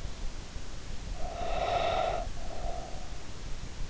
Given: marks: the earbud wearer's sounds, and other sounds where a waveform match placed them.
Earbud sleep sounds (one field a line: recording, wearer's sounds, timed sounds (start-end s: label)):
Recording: sounds in sleep by an in-ear microphone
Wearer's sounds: breath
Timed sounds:
1.15-3.10 s: breath